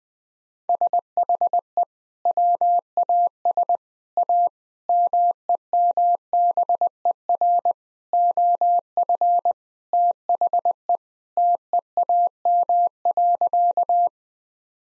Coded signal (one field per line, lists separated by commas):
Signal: Morse code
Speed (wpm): 20 wpm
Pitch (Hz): 700 Hz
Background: none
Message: SHE WAS A MEMBER OF THE TEAM.